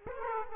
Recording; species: mosquito wingbeat signal from an infrared sensor; Aedes aegypti